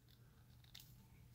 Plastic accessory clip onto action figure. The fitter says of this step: just fine there we go and no issues okay you hear the nice snap there